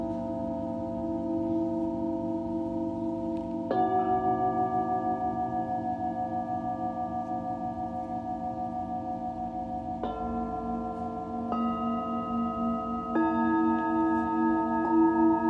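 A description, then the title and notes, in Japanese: Singing bowls ring in long, sustained tones that shimmer and beat slowly, warm in the low middle. New strikes land around 4, 10, 11.5 and 13 seconds, each adding a brighter layered ring over the still-humming earlier tones. A soft low rumble sits underneath throughout. メキシコから シンギングボウルのサウンドヒーリング ライブ。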